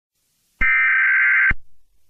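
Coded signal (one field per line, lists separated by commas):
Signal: Emergency Alert System (SAME) tones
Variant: header bursts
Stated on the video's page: Fictional EAS scenario, simulated.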